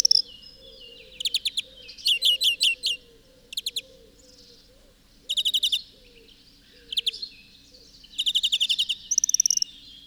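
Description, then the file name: European greenfinch calling in separate quick trilled bursts, some dense and buzzy, others clipped twitters, spaced irregularly with quiet gaps and low background hum. "Chloris chloris"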